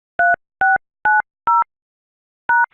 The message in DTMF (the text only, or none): 3690 #